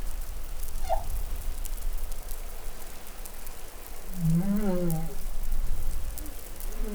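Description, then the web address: Humpback whale song: a brief high chirp, then a low wavering moan with rich harmonics later on, against steady crackling sea noise. Recorded in New Caledonia on 20 July 2013. "SOUNDLIB Glotin etal MEDsea Arctiqueet Pacific Baleinea Bosse Nouvelle Caledonie 20130720 Glotin"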